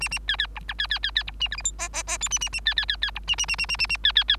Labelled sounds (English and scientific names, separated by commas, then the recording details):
Bengalese Finch (Lonchura striata domestica) song
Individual Bird3